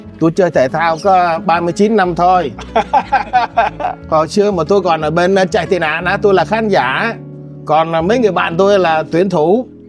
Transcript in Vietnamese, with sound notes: Tôi chơi thể thao có ba mươi chín năm thôi [cười] Hồi xưa mà tôi còn ở bên trại tị nạn á, tôi là khán giả, còn mấy người bạn tôi là tuyển thủ.